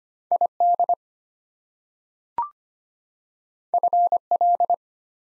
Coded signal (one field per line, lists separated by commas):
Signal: Morse code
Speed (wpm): 25 wpm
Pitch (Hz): 700 Hz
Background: none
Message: ID FL